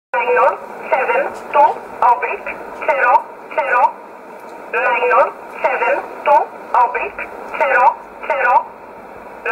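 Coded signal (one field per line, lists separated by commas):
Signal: numbers station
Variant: E11 Oblique, English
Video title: 13 11 2019 E11 Oblique Numbers station in English 1626 on 5082 unknown tx site in USB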